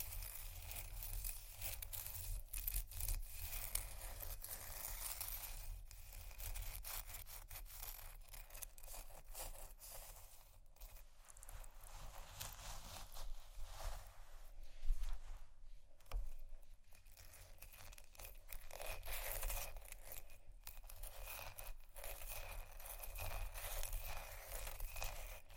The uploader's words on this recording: Ice Scratch & Tap. No Talking.